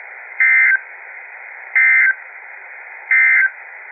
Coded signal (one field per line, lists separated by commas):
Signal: Emergency Alert System (SAME) tones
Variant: end-of-message bursts